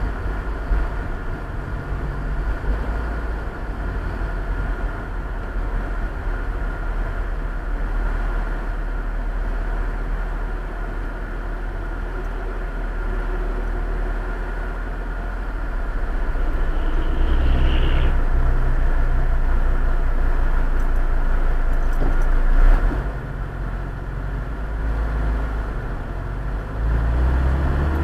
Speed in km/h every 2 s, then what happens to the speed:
44, 43, 38, 33, 27, 22, 19, 1, 0, 0, 0, 0, 2, 5.
0-13 slows to 1. 13-24 standing.